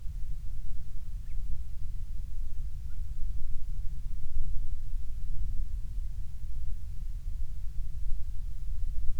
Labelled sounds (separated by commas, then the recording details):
bird
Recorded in the Prudhoe Bay oil fields, Alaska, on 12 July 2019 at 04:20
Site 16